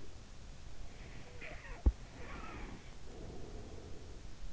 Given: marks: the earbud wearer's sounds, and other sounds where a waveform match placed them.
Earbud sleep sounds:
sounds in sleep by an in-ear microphone; breath
1.00-4.34 s: breath

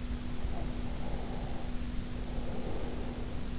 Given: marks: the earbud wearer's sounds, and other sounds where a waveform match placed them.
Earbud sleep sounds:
sounds in sleep by an in-ear microphone; breath
0.30-3.59 s: breath

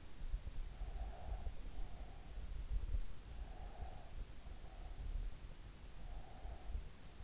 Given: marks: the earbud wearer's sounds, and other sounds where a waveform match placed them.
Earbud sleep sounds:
sounds in sleep by an in-ear microphone; breath
0.50-2.46 s: breath
3.27-5.15 s: breath
5.93-7.12 s: breath

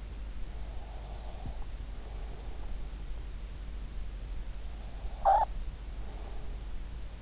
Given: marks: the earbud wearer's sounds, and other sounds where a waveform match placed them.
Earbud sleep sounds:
sounds in sleep by an in-ear microphone; breath, snoring breath
0.25-2.81 s: breath
4.82-7.22 s: snoring breath

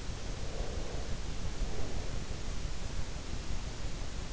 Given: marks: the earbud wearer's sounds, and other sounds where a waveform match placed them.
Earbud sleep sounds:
sounds in sleep by an in-ear microphone; breath
0.30-2.19 s: breath

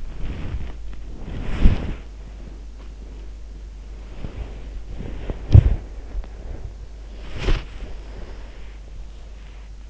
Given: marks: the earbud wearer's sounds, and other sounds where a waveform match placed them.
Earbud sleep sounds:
sounds in sleep by an in-ear microphone; body movement
0.00-9.71 s: body movement

